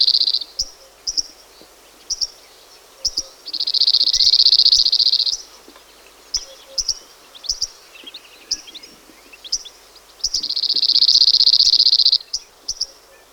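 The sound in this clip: Cirl bunting singing two fast, flat rattles about seven seconds apart, each near two seconds long, while brief high chirps and twitters fill the gaps.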